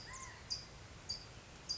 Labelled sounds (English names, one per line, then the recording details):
California Towhee
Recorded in Sonoma County, California